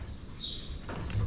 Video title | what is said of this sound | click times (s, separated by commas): THE MF 7615 GETS AN UPGRADE / HEIFERS ARE IN FOR SOME IMPORTANT TREATMENT | nice click that's the sound you like to hear | 1.1 s